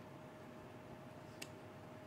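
A VR Rock prescription lens insert for the Varjo Aero headset is lined up and clipped onto the headset's left lens mount. Over a steady low hiss, one sharp click sounds at 1.4 s as the left insert seats in place.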